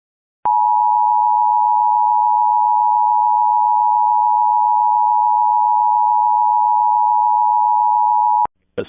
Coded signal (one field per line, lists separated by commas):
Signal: Emergency Alert System (SAME) tones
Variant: 853 and 960 Hz attention tone